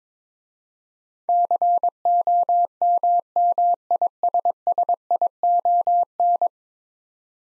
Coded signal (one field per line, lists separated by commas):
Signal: Morse code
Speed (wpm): 22 wpm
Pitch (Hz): 700 Hz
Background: none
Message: COMMISSION